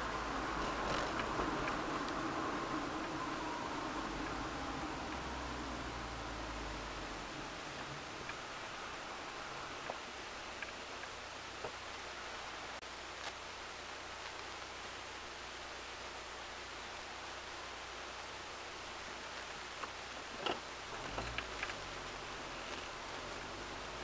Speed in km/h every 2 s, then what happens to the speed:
41, 28, 24, 16, 8, 0, 0, 0, 0, 0, 0, 9.
0-10 brakes to 0. 10-21 standing. 21-24 pulls away to 9.